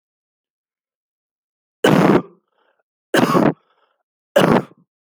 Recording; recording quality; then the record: heavy voluntary cough; excellent, no background noise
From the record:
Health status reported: respiratory illness, not identified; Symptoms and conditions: asthma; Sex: male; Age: 23 years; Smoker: not ticked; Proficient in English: yes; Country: India